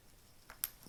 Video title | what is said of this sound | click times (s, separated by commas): Crimping PP45 Powerpole connectors onto 10 AWG wire | there we go and it clicked | 0.6 s